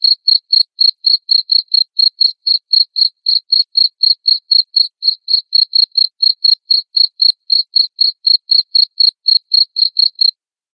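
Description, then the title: Cricket chirping loudly and steadily, high short pulses repeated around four times a second for about ten seconds before stopping. Loud cricket chirping (ngerik) played to make lovebirds sing (ngekek) continuously. "Suara JANGKRIK NGERIK Keras Bikin LOVEBIRD Jadi NGEKEK Terus Vubey"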